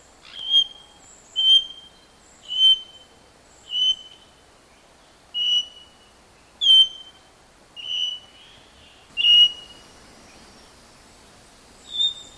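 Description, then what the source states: Papuan king parrot calls: nine short, clear whistled notes near one pitch at uneven intervals, over a faint steady background hiss. Recorded in Papua New Guinea.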